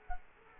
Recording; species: mosquito wingbeat signal from an infrared sensor; Culex quinquefasciatus